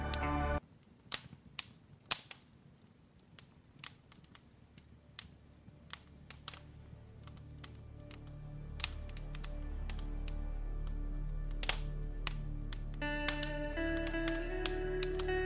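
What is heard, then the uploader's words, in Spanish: A fireplace crackles with sharp, irregular pops, while soft, low music swells gently underneath and brighter notes enter near the end. Sonidos de una CHIMENEA y MÚSICA Relajante. Sonidos del fuego y la suave música.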